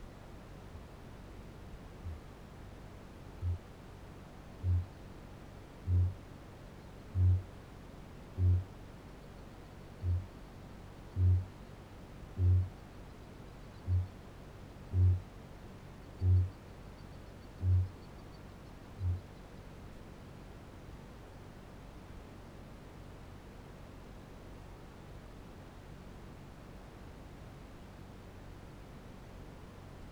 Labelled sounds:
Kākāpō (Strigops habroptilus) boom
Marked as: faintness 3/5, faintness 2/5
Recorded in New Zealand
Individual Barnard

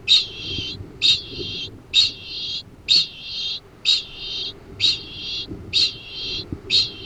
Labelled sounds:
Kākāpō (Strigops habroptilus) ching call
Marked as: faintness 2/5
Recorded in New Zealand
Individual Arab

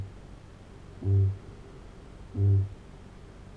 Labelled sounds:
Kākāpō (Strigops habroptilus) boom
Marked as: faintness 1/5
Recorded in New Zealand
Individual Arab

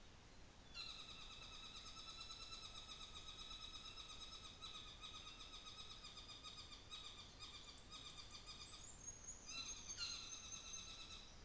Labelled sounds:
North Island Saddleback (Philesturnus rufusater), New Zealand Fantail (Rhipidura fuliginosa)
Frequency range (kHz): New Zealand Fantail (Rhipidura fuliginosa) 5.9-7.8 kHz
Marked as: faintness 1/5, faintness 3/5
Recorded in New Zealand on 24 December 2018
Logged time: 17:00

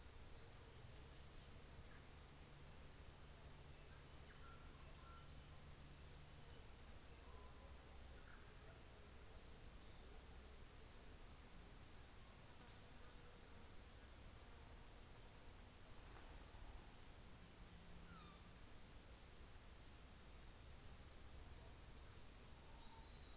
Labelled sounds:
New Zealand Fantail (Rhipidura fuliginosa)
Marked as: faintness 5/5
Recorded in New Zealand on 24 December 2018
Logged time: 15:00

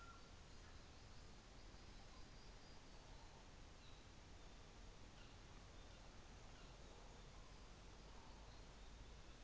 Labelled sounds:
North Island Saddleback (Philesturnus rufusater)
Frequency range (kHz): North Island Saddleback (Philesturnus rufusater) 2.3-4.2 kHz
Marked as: faintness 5/5
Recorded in New Zealand on 24 December 2018
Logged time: 14:50

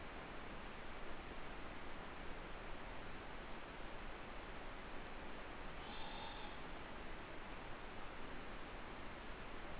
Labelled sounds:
Morepork (Ninox novaeseelandiae) trill
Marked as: faintness 3/5
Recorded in New Zealand
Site Eglinton

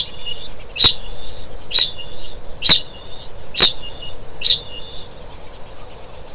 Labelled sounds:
Kākāpō (Strigops habroptilus) ching call
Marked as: faintness 3/5
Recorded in New Zealand
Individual Stumpy

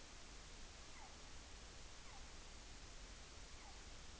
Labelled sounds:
Morepork (Ninox novaeseelandiae) weow call
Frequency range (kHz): Morepork (Ninox novaeseelandiae) 0.6-2.8 kHz
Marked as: faintness 5/5
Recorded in New Zealand on 14 June 2013
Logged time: 02:27
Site Ponui

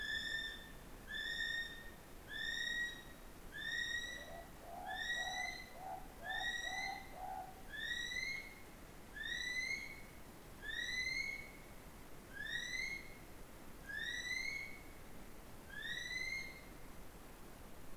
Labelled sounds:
North Island Brown Kiwi (Apteryx mantelli) male call
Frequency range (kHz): North Island Brown Kiwi (Apteryx mantelli) 0.7-11.9 kHz
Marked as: faintness 1/5
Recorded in New Zealand on 24 November 2015
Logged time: 04:12
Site DD67

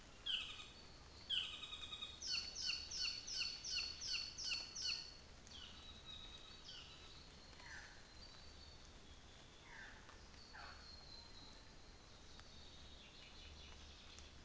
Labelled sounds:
North Island Saddleback (Philesturnus rufusater)
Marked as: faintness 3/5, faintness 1/5, faintness 4/5
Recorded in New Zealand on 24 December 2018
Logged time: 09:00

